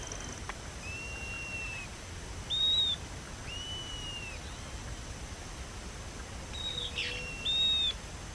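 Bird whistles: drawn-out arched whistled notes alternating with short, louder high chirps, spaced a few seconds apart.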